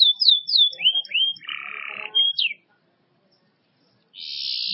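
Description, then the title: Canary song: high whistled notes, quick slurred notes and a low buzzy rattle, then a pause before a steady high buzzing trill begins. "Kenari"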